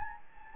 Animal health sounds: mosquito wingbeat signal from an infrared sensor; Anopheles gambiae

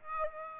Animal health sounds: mosquito wingbeat signal from an infrared sensor; Aedes aegypti

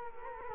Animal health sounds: mosquito wingbeat signal from an infrared sensor; Culex quinquefasciatus

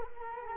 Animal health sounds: mosquito wingbeat signal from an infrared sensor; Culex quinquefasciatus

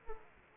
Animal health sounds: mosquito wingbeat signal from an infrared sensor; Aedes aegypti

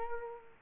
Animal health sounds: mosquito wingbeat signal from an infrared sensor; Culex quinquefasciatus

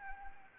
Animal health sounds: mosquito wingbeat signal from an infrared sensor; Anopheles arabiensis

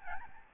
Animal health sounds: mosquito wingbeat signal from an infrared sensor; Aedes albopictus

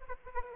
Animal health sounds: mosquito wingbeat signal from an infrared sensor; Aedes aegypti

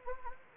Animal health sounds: mosquito wingbeat signal from an infrared sensor; Anopheles gambiae

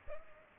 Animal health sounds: mosquito wingbeat signal from an infrared sensor; Culex pipiens

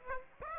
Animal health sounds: mosquito wingbeat signal from an infrared sensor; Aedes aegypti

